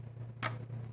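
A stitch encoder box is placed onto the body of a JUKI TL-2200QVP Quilt Virtuoso Pro quilting sewing machine and tapped down so it sits fully in place. A single short, sharp tap at 0.4 s stands out over a steady low hum. The box is seated complete and tight, with no click.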